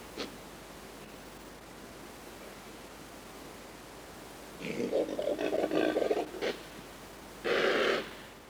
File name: Impala (Aepyceros melampus)